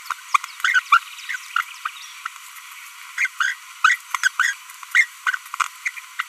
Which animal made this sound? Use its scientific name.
Forpus passerinus